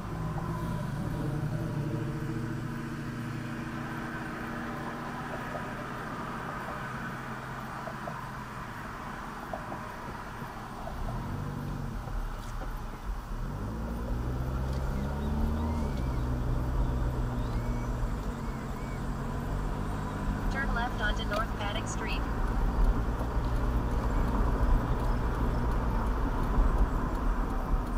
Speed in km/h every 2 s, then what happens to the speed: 0, 0, 0, 0, 0, 0, 8, 18, 26, 31, 32, 35, 39, 37.
0-10 standing. 10-24 pulls away to 39.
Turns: none.